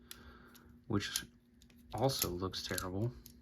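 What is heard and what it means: Plastic leg pieces of a transforming action figure are handled and pushed toward their locking position behind the body panel, with small handling ticks near 0.1 s and 0.6 s while someone talks. Nothing has seated or clicked into place yet.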